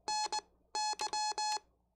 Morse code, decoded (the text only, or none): NY